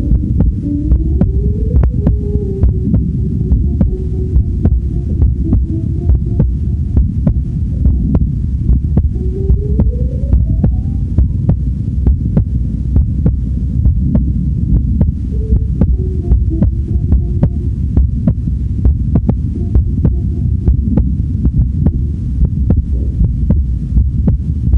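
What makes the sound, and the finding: Human heart, within an art soundscape with a background hum. Normal heartbeat.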